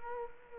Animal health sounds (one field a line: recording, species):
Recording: mosquito wingbeat signal from an infrared sensor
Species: Culex quinquefasciatus